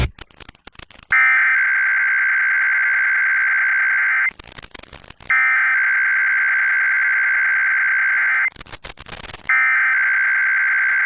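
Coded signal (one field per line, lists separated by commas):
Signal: Emergency Alert System (SAME) tones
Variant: header bursts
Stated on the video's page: IPAWS weekly test received from an FM station.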